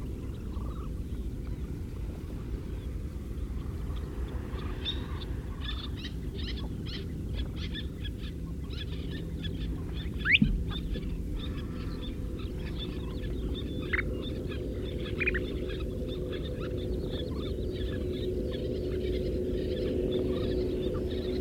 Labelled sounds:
Kentish Plover call
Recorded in the wild
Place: Istria, Dobrogea, RO
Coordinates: 44.57, 28.713
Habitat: coast
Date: 1973-05-08
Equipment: Nagra III BH, Sennheiser MD 21, parabola
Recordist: Schubert, Michael

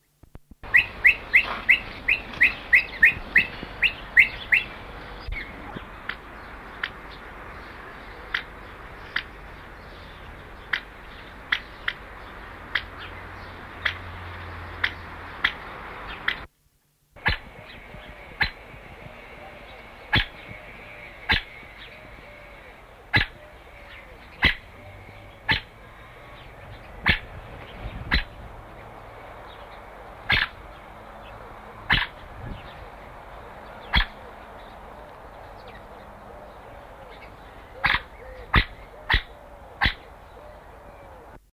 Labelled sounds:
Edwards's Pheasant call
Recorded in captivity
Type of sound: call
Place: Zoo Jersey, JE
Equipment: Halbspur, 9,5 cm/s
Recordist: Lütgens, Hans
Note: Rufe

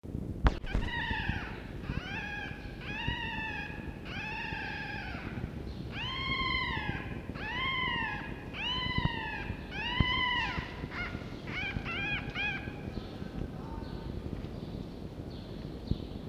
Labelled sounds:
Red Fox
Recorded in captivity
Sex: male
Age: juvenile
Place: Zoologisches Institut der HUB, Berlin, DE
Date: 1952-05-25 16:00
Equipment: Elmetra
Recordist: Tembrock, Günter
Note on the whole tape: Welpe Toni im Mittelzimmer. 1) Quärren (auf Tisch); 2) Quärren (dicht vor Mikrofon in der Hand)

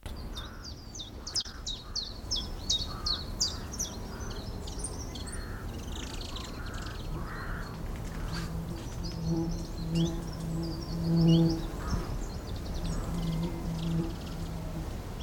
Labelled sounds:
Common Chiffchaff
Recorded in the wild
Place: Plön, Holsteinische Schweiz, Schleswig-Holstein, DE
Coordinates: 54.161, 10.426
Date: 1992-09-23 13:05
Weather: heiter bis wolkig, Wind, 16-22°C
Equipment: Marantz CP 430, Sennheiser ME 80, Kopie Tesla B 116
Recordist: Tembrock, Günter

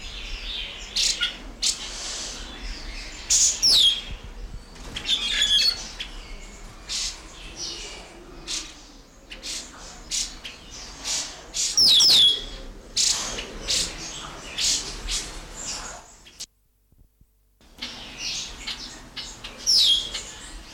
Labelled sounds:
Black-winged Starling
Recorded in captivity
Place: Zoo Berlin, Berlin, DE
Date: 1996-02-24 11:46
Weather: heiter, -6°C
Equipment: Sony WM-D6C, Sennheiser ME 80, Kopie Uher 4000 Report Monitor
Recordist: Tembrock, Günter

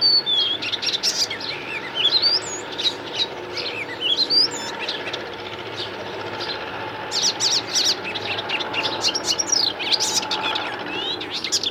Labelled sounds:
Icterine Warbler song
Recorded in the wild
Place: Bergen, Insel Rügen, Mecklenburg-Vorpommern, DE
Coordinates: 54.415, 13.426
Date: 1975-06-01
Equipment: Nagra III BH, Sennheiser MD 21, parabola
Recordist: Schubert, Michael

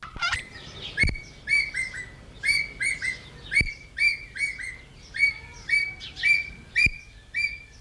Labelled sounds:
Ornate Hawk-Eagle call
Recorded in captivity
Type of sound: call sequence
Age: adult
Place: Tierpark Berlin, Berlin, DE
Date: 1980-05-10 11:26
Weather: sonnig, ca. 10°C
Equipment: Uher CR 210, Kopie Uher 4200 Report Monitor
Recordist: Tembrock, Günter
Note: Rufreihe, Entfernung ca

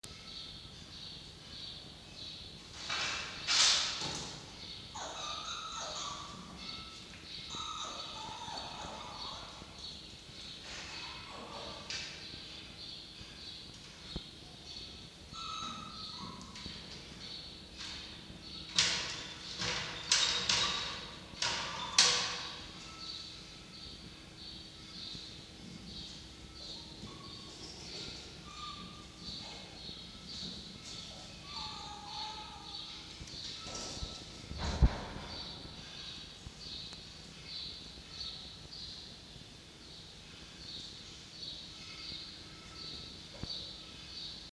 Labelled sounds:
Red Fox
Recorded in captivity
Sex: female
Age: juvenile
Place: Zoologisches Institut der HUB, Berlin, DE
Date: 1953-06-08 16:35
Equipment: Elmetra
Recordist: Tembrock, Günter
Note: Quick (fällt von 1 auf den Fußboden): Muffwinseln

